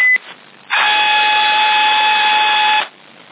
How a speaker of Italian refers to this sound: chi era quella sirena sul canale 10?